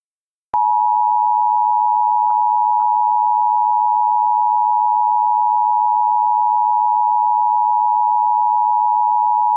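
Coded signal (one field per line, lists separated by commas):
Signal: Emergency Alert System (SAME) tones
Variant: 853 and 960 Hz attention tone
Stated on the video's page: Mock alert made with software (Audacity, EAS.tools, synthetic voice), not a real activation.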